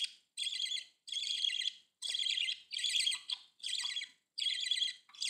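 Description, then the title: Budgerigar calls: raspy, buzzy chirps repeated a little more than once a second in a chattering series. "Budgie Sounds"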